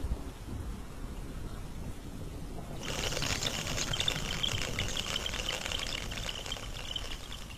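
Low rumbling thunder rolls under steady rain, then at about three seconds a heavy downpour bursts in, a dense hissing roar that stays loud to the end, with no voices.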